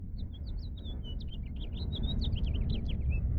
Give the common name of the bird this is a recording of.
House Finch